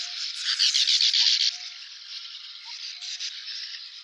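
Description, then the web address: Sand martin calls: dense, harsh, rasping chatter, loudest during the first one and a half seconds, then continuing more softly as a scratchy twittering. "syoudoutubame"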